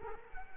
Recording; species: mosquito wingbeat signal from an infrared sensor; Culex quinquefasciatus